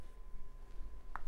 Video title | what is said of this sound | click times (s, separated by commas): JewelleryMaker LIVE 08/02/24 with Elena Stephens GIA AJP & Charlie Bailey | click did you hear it yeah we did | 1.2 s